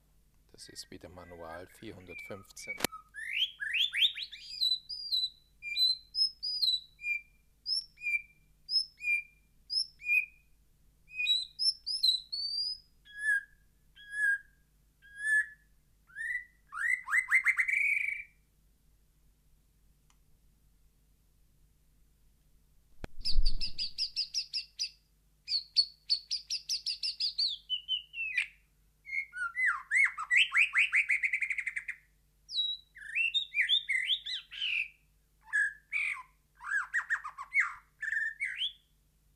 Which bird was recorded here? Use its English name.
White-rumped Shama